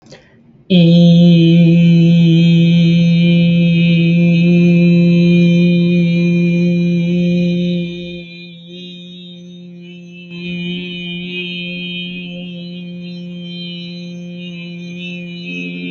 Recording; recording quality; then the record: sustained vowel as in beet; excellent, no background noise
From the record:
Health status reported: healthy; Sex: male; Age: 25 years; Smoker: yes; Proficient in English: yes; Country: Canada